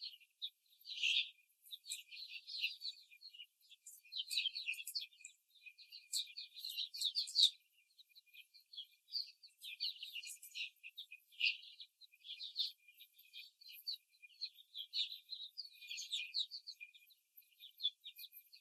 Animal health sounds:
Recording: young laying hens in a cage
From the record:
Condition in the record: before the stressor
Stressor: simulated dog barking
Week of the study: 3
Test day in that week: 2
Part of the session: 1

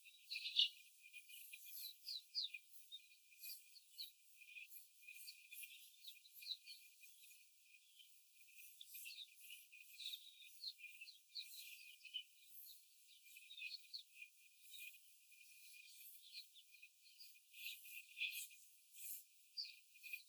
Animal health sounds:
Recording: young laying hens in a cage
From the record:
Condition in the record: before the stressor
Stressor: simulated dog barking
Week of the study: 4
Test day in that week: 1

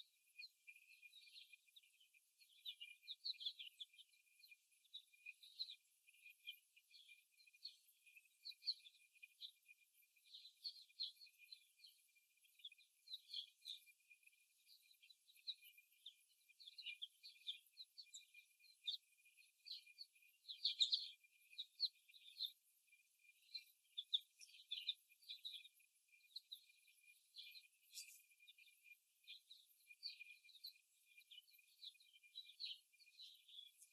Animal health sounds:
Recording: young laying hens in a cage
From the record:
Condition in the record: before the stressor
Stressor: simulated dog barking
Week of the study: 1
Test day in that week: 1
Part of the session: 1

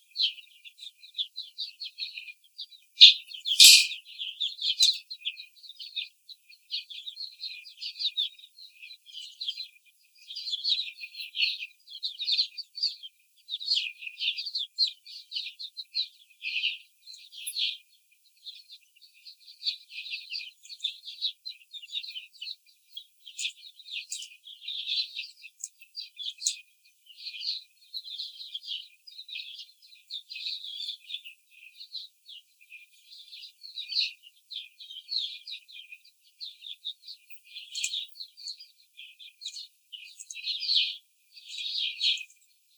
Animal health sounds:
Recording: young laying hens in a cage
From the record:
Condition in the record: after the stressor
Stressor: simulated dog barking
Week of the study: 4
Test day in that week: 2

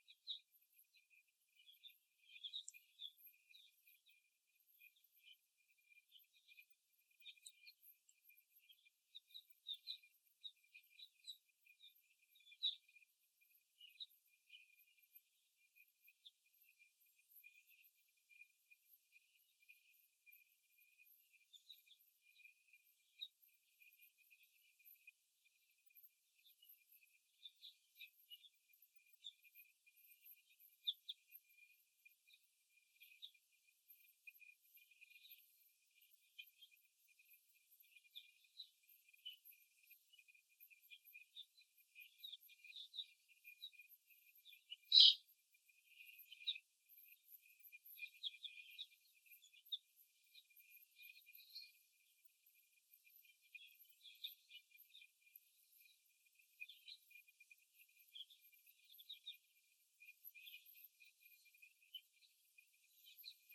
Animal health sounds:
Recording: young laying hens in a cage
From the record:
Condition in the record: after the stressor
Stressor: simulated dog barking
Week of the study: 1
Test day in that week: 2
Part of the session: 4

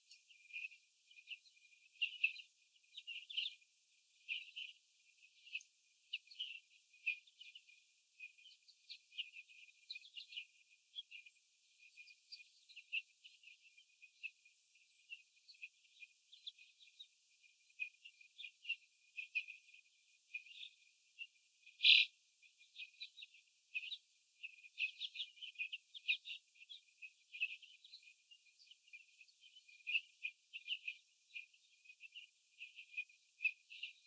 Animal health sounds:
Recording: young laying hens in a cage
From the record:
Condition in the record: after the stressor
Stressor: sudden umbrella opening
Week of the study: 3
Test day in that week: 2

